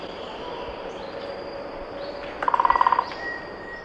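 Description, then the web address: Rufous-breasted piculet producing one brief, fast rattle of about ten crisp pulses against faint background hiss. Recorded in Ecuador. "Birds of Ecuador. Rufous-breasted Piculet"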